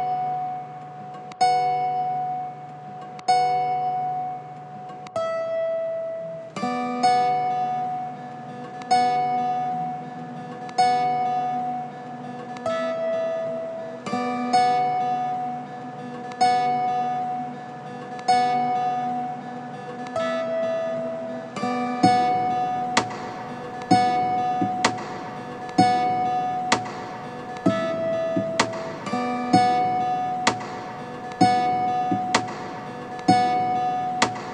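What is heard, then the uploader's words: Plucked strings ring out in a steady, repeating pattern, a new note or chord roughly every second or two, each one decaying before the next. From about twenty-two seconds the attacks grow sharper and brighter, with a denser rustling layer underneath. Sounds Of Strings And Fan Noise. Picked up my guitar and decided to record it. Then I embraced the fan noise, and here we are.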